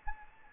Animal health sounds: mosquito wingbeat signal from an infrared sensor; Anopheles arabiensis

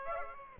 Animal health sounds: mosquito wingbeat signal from an infrared sensor; Aedes aegypti

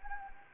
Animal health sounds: mosquito wingbeat signal from an infrared sensor; Anopheles gambiae

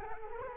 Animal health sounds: mosquito wingbeat signal from an infrared sensor; Culex quinquefasciatus

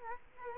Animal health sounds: mosquito wingbeat signal from an infrared sensor; Culex quinquefasciatus

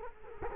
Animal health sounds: mosquito wingbeat signal from an infrared sensor; Culex quinquefasciatus

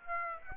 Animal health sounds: mosquito wingbeat signal from an infrared sensor; Aedes aegypti

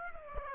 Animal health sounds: mosquito wingbeat signal from an infrared sensor; Aedes aegypti

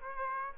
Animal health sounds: mosquito wingbeat signal from an infrared sensor; Aedes aegypti

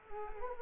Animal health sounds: mosquito wingbeat signal from an infrared sensor; Culex quinquefasciatus

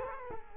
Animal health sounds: mosquito wingbeat signal from an infrared sensor; Culex quinquefasciatus

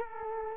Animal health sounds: mosquito wingbeat signal from an infrared sensor; Culex quinquefasciatus

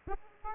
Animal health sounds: mosquito wingbeat signal from an infrared sensor; Aedes aegypti

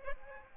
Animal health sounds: mosquito wingbeat signal from an infrared sensor; Aedes aegypti

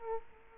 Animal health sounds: mosquito wingbeat signal from an infrared sensor; Culex quinquefasciatus

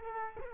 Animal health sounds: mosquito wingbeat signal from an infrared sensor; Culex quinquefasciatus

